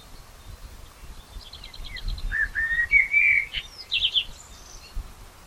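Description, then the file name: Common blackbird song, a soft warbled phrase of rich whistles rising into squeaky high twitters. "Turdus merula"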